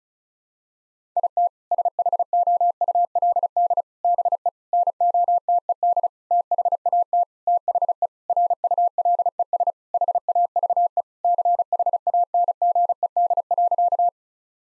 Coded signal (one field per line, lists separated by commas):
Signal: Morse code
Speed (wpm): 34 wpm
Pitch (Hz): 700 Hz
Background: none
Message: IT SHOULD BE NOTED THAT THE RULES HAVE CHANGED.